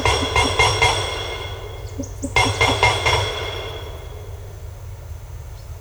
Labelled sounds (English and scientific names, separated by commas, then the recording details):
none
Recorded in secondary vegetation near Puerto Asís, Putumayo, Colombia, on 18 December 2024 at 08:30
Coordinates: 0.468, -76.324
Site G095